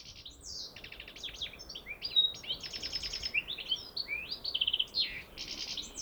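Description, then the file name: European goldfinch giving a continuous bright twitter of quick chirps, clipped buzzy rattles and thin whistled notes, running almost without break over a soft background hiss. "Carduelis carduelis"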